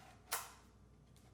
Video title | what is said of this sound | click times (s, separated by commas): How to assemble your Metra 99-5807 dash kit for select 2004-10 vehicles - Crutchfield | Now slide your radio into the sleeve from the front until it snaps into place. | 0.3 s